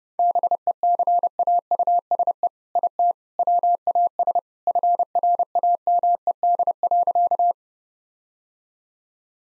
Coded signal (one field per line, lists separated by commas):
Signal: Morse code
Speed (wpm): 30 wpm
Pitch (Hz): 700 Hz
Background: none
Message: BECAUSE IT WAS FRAMED.